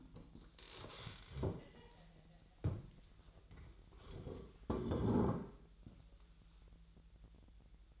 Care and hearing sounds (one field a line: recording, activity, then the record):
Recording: daily activity, microphone in the room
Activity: stand up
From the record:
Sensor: 3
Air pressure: 1001.8 hPa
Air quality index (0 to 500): 249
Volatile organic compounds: 134 ppm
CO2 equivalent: 3948 ppm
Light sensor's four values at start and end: 9/22/9/9 and 7/14/6/6